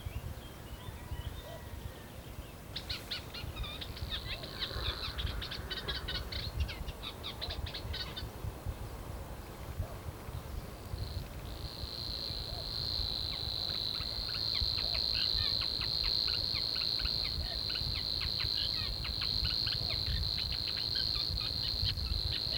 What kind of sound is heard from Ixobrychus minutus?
song